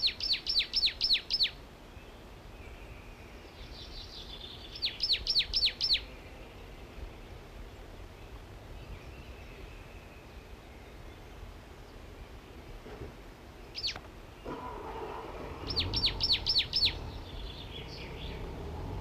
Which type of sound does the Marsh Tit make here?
song